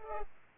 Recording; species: mosquito wingbeat signal from an infrared sensor; Culex pipiens